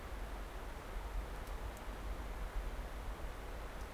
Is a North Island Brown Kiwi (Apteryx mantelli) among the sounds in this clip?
no